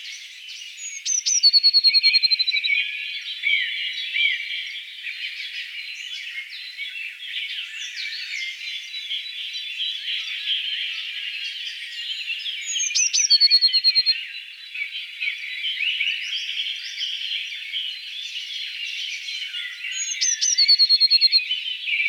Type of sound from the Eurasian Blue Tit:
song